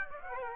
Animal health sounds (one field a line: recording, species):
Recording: mosquito wingbeat signal from an infrared sensor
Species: Aedes aegypti